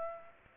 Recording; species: mosquito wingbeat signal from an infrared sensor; Aedes aegypti